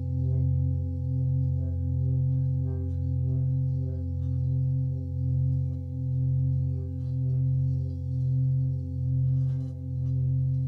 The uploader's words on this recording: A Himalayan Bowl Meditation.